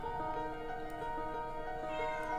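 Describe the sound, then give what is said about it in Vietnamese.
A stray cat outside at night lets out a long, drawn-out, mournful meow, its wavering high-pitched tone sustained steadily for a couple of seconds with no voices around it. “Thỉnh thoảng nó vẫn kêu lên những tiếng thê thiết lắm.”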